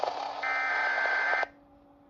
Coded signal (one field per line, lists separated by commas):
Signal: Emergency Alert System (SAME) tones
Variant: header bursts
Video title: Tornado Watch #8 Expansion on WXJ60… From 2/15/26 (New EAS #343)